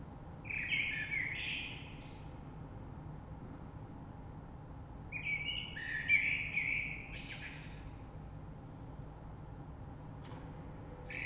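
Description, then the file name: Common blackbird song: two mellow, fluting warbled phrases, each ending in high thin twittering notes, separated by a pause of several seconds, then the start of another phrase, over a steady low rumble. Recorded 3 March 2020. "Rush Merle"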